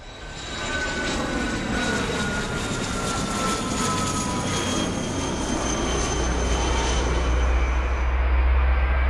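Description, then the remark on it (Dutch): An airplane departs from an airfield about a kilometre from the village of Geverik, with a steady, heavy engine roar and a high whine that slowly drops in pitch, while a deep rumble swells louder toward the end; the noise goes on for about ten minutes. No voices. “Wat horen we hier? Wat is dit? Een vliegtuig gaat weg.”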